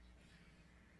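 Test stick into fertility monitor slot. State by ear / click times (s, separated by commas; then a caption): not seated / none. A plastic ovulation test stick is handled at the slot of a Clearblue Advanced electronic fertility monitor, with only low steady background hum and no distinct sounds. Nothing has seated or clicked yet, and the stick is not yet snapped home.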